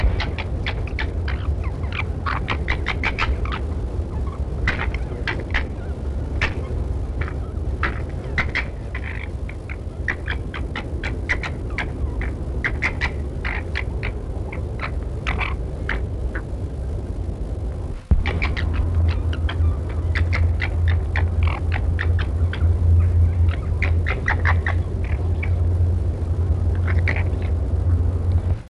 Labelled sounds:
Corsac Fox (Vulpes corsac)

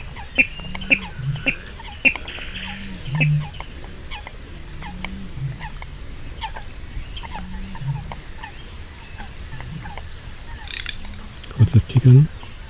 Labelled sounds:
Water Rail (Rallus aquaticus)

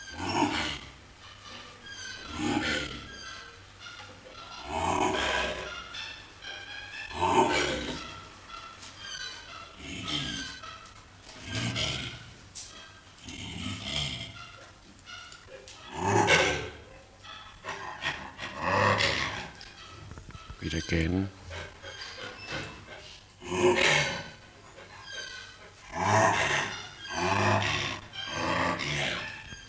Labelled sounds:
Mandrill (Mandrillus sphinx) call

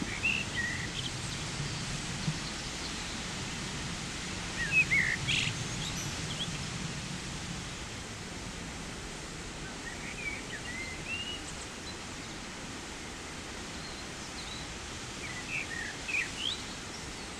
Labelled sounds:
Common Blackbird (Turdus merula) song

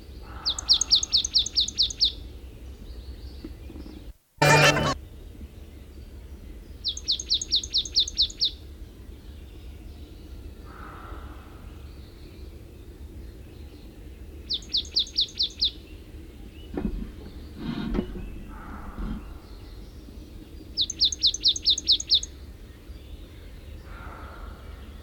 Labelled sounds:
Marsh Tit (Poecile palustris) song

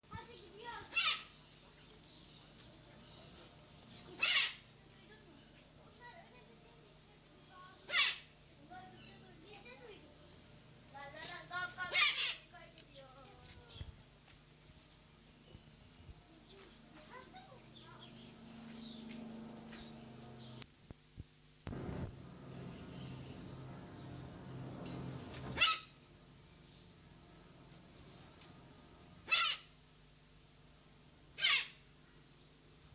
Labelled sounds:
Silvery-cheeked Hornbill (Bycanistes brevis) call

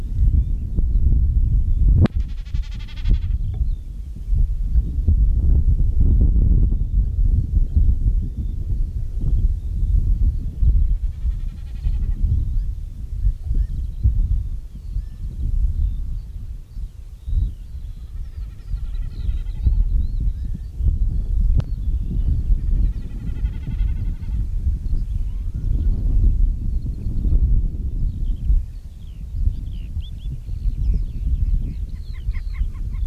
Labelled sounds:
Common Snipe (Gallinago gallinago)

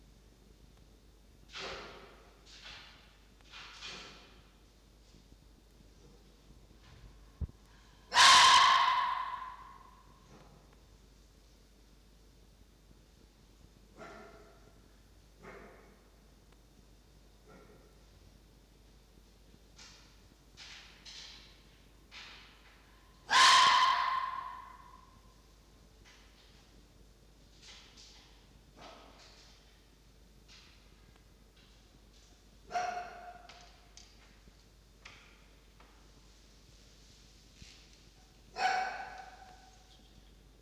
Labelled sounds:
Red Fox (Vulpes vulpes)

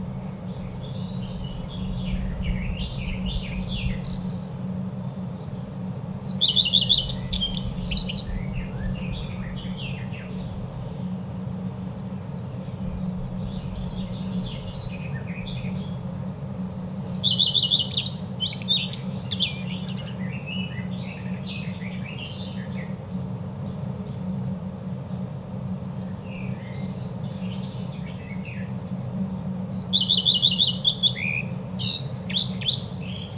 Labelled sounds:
Common Redstart (Phoenicurus phoenicurus) song

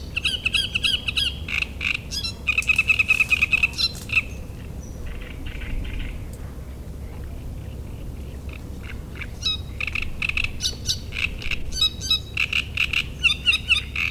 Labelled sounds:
Great Reed Warbler (Acrocephalus arundinaceus)

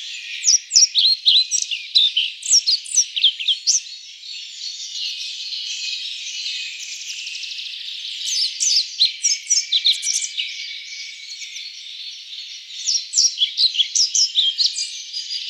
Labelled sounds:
European Pied Flycatcher (Ficedula hypoleuca) song

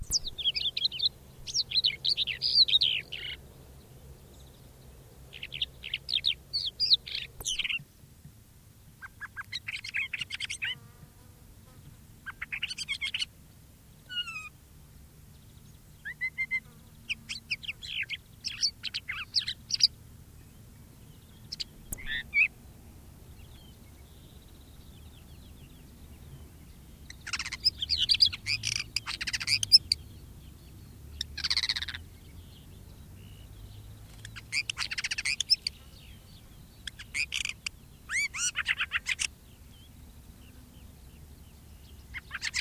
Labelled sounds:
Crested Lark (Galerida cristata) song

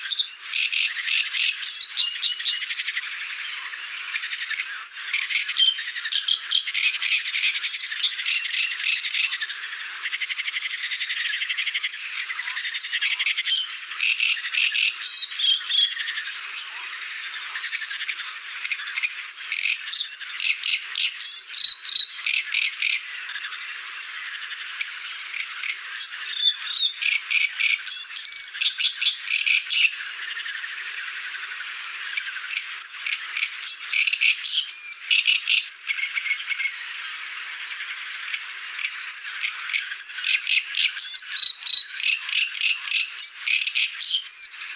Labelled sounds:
Great Reed Warbler (Acrocephalus arundinaceus) song

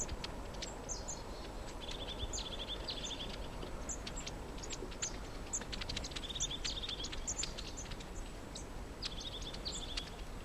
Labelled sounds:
European Crested Tit (Lophophanes cristatus)

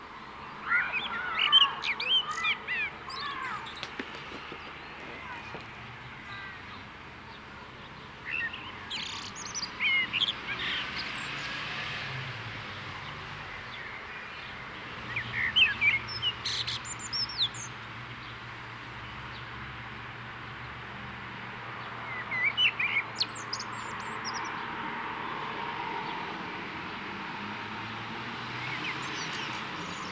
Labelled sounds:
Common Blackbird (Turdus merula) song

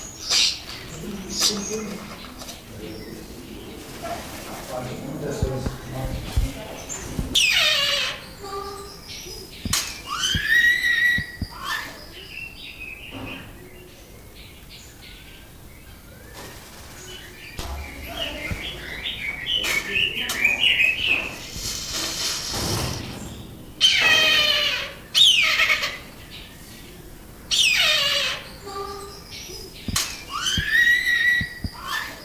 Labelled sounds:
Beautiful Fruit Dove (Ptilinopus pulchellus)

